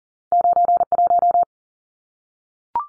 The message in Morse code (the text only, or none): 91